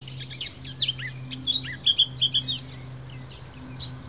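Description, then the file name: Eurasian blackcap opening with a few chattering notes, then sliding warbled notes and a run of clear high whistles toward the end, over a faint hum. "Sylvia atricapilla"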